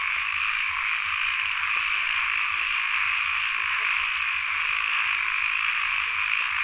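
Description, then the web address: Frogs in a dense chorus, an unbroken shrill droning hum with faint low notes scattered beneath. Field recording, frogs and insects together, at Sen Monorom, Cambodia. "Ziklibrenbib Les Cartes Postales Sonores NOISE ON EARTH Vol 1 CAMBODIA Les Cartes Postales Sonores - 02-Insects Frogs of Sen Monorom"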